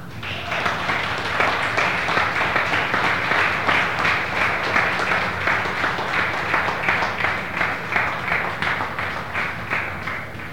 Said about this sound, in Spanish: Y la gente que está conmigo, las multitudes, van a saludarles a ustedes con un aplauso.